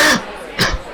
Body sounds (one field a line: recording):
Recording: coughing mixed with background sound